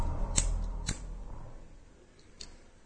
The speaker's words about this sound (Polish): I właśnie zapaliłem papierosa, czego zazwyczaj nie robię, ponieważ ja generalnie bardzo mało palę, raz na jakiś czas